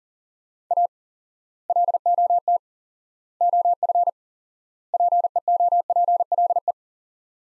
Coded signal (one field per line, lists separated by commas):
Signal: Morse code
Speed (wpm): 40 wpm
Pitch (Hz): 700 Hz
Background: none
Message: A LOT OF PEOPLE